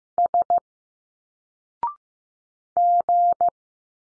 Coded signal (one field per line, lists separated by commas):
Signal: Morse code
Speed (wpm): 15 wpm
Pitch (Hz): 700 Hz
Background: none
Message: S G